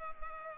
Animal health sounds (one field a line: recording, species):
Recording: mosquito wingbeat signal from an infrared sensor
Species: Culex pipiens